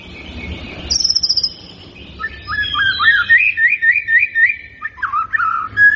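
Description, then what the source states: White-rumped shama song of clear high whistles followed by a run of quick looping whistled notes repeated several times. Lure recording of an actively singing bird, meant to make it respond at once.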